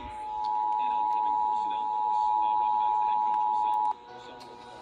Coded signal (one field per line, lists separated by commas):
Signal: Emergency Alert System (SAME) tones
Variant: 853 and 960 Hz attention tone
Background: speech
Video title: MCLEAN AND RANKIN COUNTIES… Mass. and NH Required Monthly Tests - January 2025 (EAS #1,524-1,535)